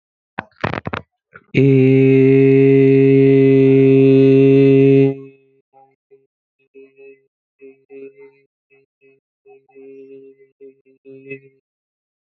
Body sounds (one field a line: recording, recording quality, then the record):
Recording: sustained vowel as in made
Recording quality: excellent, no background noise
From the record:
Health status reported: healthy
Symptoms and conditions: hypertension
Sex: male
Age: 27 years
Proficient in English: yes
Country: India